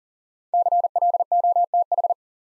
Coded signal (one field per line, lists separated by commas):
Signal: Morse code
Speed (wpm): 39 wpm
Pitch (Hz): 700 Hz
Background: none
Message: CLOTH